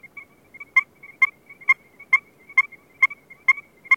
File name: strecker's chorus frog